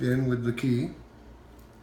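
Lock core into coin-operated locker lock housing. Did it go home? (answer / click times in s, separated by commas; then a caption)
no / none. A removable metal lock core is handled with the key as it is about to be slid up into an OJMAR coin-operated locker lock housing. Someone talks briefly over quiet background noise. Nothing has seated or clicked yet.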